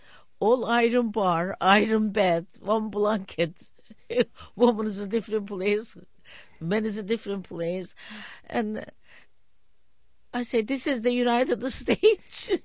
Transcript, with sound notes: All iron bar, iron bath, one blanket. ( she laughs ) Womens was a different place, men is a different place. And I say, "This is the United States?"